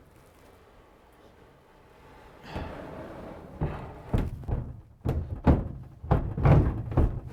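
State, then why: Seated. A range hood insert is slid up into its custom hood enclosure in a kitchen and pushed home. After a quiet start, a rising scraping rustle from about 2.5 s gives way to a series of heavy thunks, and the loudest, at 6.1 s, is the insert snapping into place. It is seated.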